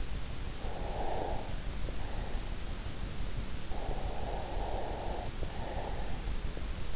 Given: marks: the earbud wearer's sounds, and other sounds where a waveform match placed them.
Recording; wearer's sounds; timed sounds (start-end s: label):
sounds in sleep by an in-ear microphone; breath
0.13-2.70 s: breath
3.49-6.45 s: breath